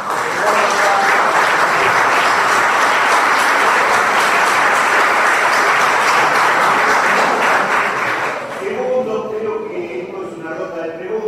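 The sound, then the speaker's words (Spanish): An audience at a Comuna 6 consultative council meeting in Caballito bursts into sustained, loud applause for three people who presented their report, a dense crackle of many hands clapping for about eight seconds before it thins out and a voice begins speaking. “En función de eso, yo quería proponer un aplauso para ellos tres.”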